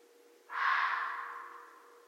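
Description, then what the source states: Red fox making one rough, harsh call that begins suddenly and fades slowly. Recorded 13 January 2012.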